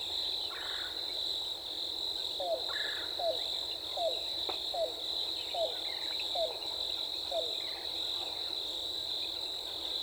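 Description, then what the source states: Yellow-billed cuckoo call: a string of brief hooked notes spaced roughly evenly, with a continuous insect whine and a couple of short buzzy sounds in the background. Recorded 14 April 2018.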